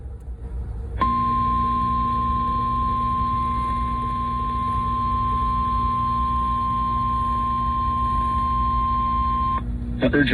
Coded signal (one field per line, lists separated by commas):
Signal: Emergency Alert System (SAME) tones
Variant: 1050 Hz attention tone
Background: speech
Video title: EAS 145: TORNADO WARNING for Trumbull OH, relay 2